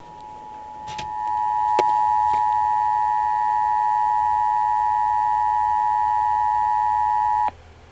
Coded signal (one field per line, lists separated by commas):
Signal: Emergency Alert System (SAME) tones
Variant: 853 and 960 Hz attention tone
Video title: EAS Severe Thunderstorm Watch 7/6/2020